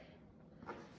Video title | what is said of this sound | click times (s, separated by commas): What Is The Best Jogging Stroller For Me?! BOB Alterrain Pro VS Revolution (2016) Jogging Strollers | and you can find the attachment for it on the very bottom it's both also red and you just clip it shut | 0.7 s